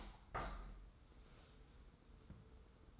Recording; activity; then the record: daily activity, microphone in the room; open window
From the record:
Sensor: 3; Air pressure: 990.4 hPa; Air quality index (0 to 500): 182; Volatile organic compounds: 1000 ppm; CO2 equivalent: 5903 ppm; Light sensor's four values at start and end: 34/80/32/30 and 34/79/32/30